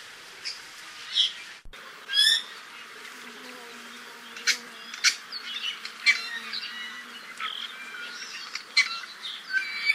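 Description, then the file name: ʻIʻiwi call: one squeaky creaking note near the start, with a sharp click just before it, and many scattered sharp chips and whistles. "Iiwi"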